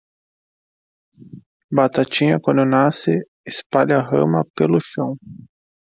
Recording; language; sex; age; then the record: short text; Brazilian Portuguese; male; 20 to 29 years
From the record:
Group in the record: control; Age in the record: 27 years